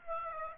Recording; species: mosquito wingbeat signal from an infrared sensor; Aedes aegypti